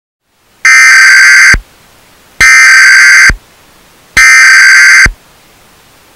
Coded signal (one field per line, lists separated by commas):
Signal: Emergency Alert System (SAME) tones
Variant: header bursts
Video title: Geometry Dash Emergency Alert System [Loud Volume Warning]